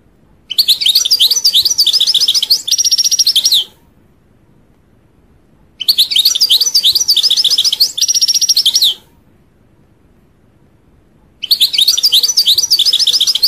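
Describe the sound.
European goldfinch song, three long bursts of dense, rapid twittering with buzzy trilled sections, separated by pauses.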